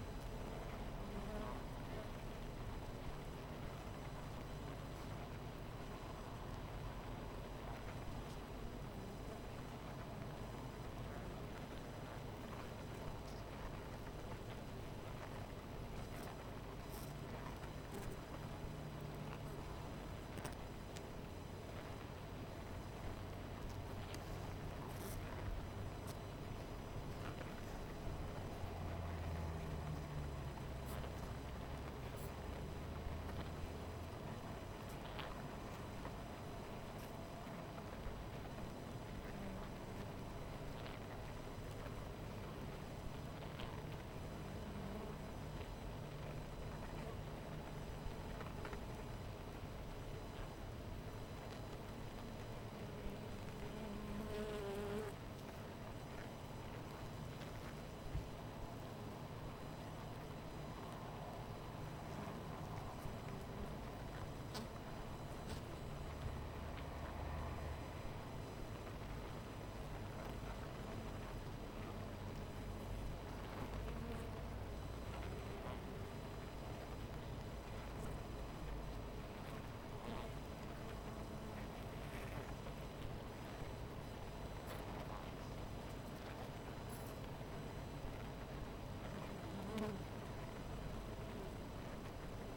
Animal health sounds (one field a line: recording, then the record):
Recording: honeybee colony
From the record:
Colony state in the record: missing queen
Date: 14 July 2017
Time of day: 12:33